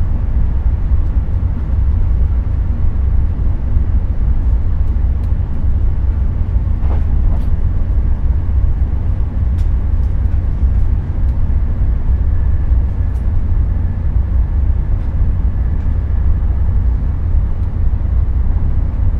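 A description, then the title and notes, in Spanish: A train rolls steadily along, a heavy low rumble that holds at an even level for the whole stretch. Above it comes a faint hiss, with scattered sharp clicks and brief metallic ticks, one clearer rattle just before the seven-second mark. Tren Nocturno a Venecia. Sonidos de Tren. A través de Europa nocturna en el tren Thello. Cada sutil chirrido y suave rodar de los cómodos vagones ofrece una serenata calmante mientras se deslizan sobre las lejanas vías. Los sonidos serenos de trenes distantes, el suave traqueteo de los vagones y otros tranquilos ruidos del tren.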